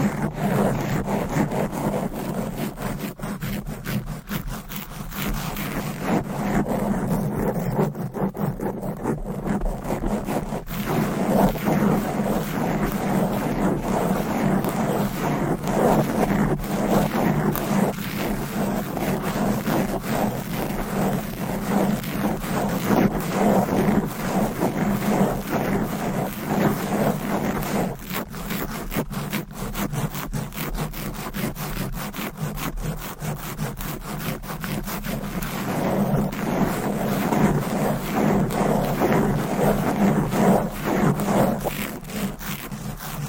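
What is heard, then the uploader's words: Fast, aggressive scratching and rubbing against a microphone runs without a break for the whole recording. The scraping is dense and rapid, with a steady low rumble underneath and rough, wind-like buffeting, at a constant, loud level. ASMR Fast and Aggressive Mic Scratching. No Talking.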